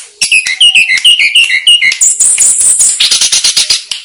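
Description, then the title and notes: Snowy-browed flycatcher song of rapid descending whistled notes, followed by a rushing, buzzy high chatter in the second half. Master recording used for training cage birds. "Masteran Tledekan Gunung Sikatan Gunung. BURUNG TLEDEKAN"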